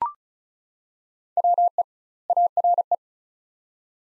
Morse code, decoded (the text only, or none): WE ARE